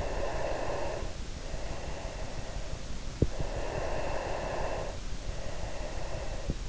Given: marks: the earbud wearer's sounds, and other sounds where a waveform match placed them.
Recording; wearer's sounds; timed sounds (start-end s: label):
sounds in sleep by an in-ear microphone; breath
0.00-3.05 s: breath
3.57-6.43 s: breath